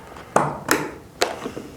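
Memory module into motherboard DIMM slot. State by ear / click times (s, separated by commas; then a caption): seated / 1.2 s. A memory module is pressed straight down into a motherboard DIMM slot by a child's thumbs on both corners. Sharp taps and knocks land at about 0.4 s and 0.7 s, then the slot latch clicks at 1.2 s and the stick is seated.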